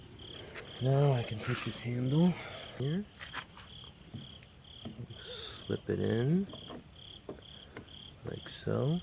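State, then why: Not seated. Someone talks while picking up a new exterior door handle for a 2006-2010 Hyundai Sonata car door and positioning it to slip in, with a few soft handling taps and steady insect-like chirping in the background. The handle has not yet snapped or clicked into place.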